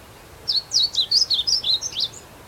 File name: Amaurospiza concolor - Blue Seedeater